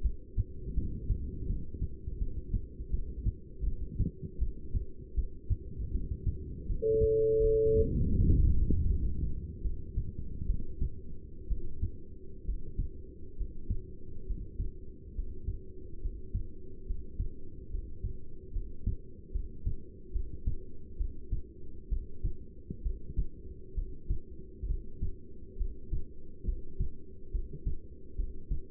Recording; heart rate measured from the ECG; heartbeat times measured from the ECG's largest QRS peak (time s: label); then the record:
heart sounds by stethoscope; 73 bpm
0.03 s: heartbeat
0.76 s: heartbeat
1.48 s: heartbeat
2.20 s: heartbeat
2.92 s: heartbeat
3.65 s: heartbeat
4.40 s: heartbeat
5.16 s: heartbeat
5.93 s: heartbeat
6.68 s: heartbeat
7.42 s: heartbeat
8.17 s: heartbeat
8.89 s: heartbeat
9.63 s: heartbeat
10.47 s: heartbeat
11.49 s: heartbeat
12.46 s: heartbeat
13.38 s: heartbeat
14.27 s: heartbeat
15.16 s: heartbeat
16.02 s: heartbeat
16.87 s: heartbeat
17.71 s: heartbeat
18.53 s: heartbeat
19.33 s: heartbeat
20.13 s: heartbeat
20.98 s: heartbeat
21.89 s: heartbeat
22.83 s: heartbeat
23.75 s: heartbeat
24.67 s: heartbeat
25.58 s: heartbeat
26.45 s: heartbeat
27.32 s: heartbeat
28.16 s: heartbeat
From the record:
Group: heart failure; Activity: rest 0-6 s, breath hold 6-29 s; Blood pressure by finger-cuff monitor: 165/112 mmHg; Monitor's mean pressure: 132 mmHg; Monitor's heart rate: 75 bpm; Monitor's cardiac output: 7.6 L/min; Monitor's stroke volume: 98 mL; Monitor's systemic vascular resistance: 1280 dyn s/cm5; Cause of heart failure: non-ischemic cardiomyopathy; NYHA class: 1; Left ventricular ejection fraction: 62%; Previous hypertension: present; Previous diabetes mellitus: present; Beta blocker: bisoprolol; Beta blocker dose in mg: 10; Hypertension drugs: sacubitril-valsartan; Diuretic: furosemide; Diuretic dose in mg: 20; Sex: male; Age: 49 years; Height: 167 cm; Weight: 110 kg